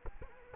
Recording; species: mosquito wingbeat signal from an infrared sensor; Culex quinquefasciatus